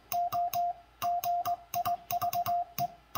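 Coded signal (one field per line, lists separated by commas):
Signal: Morse code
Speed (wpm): 20 wpm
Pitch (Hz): 700 Hz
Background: music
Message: O GIVE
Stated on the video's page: Morse sent on a cootie side-swiper key.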